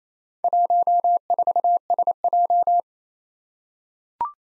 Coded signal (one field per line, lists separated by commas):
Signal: Morse code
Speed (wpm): 27 wpm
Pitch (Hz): 700 Hz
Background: none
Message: 14SJ